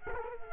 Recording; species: mosquito wingbeat signal from an infrared sensor; Culex quinquefasciatus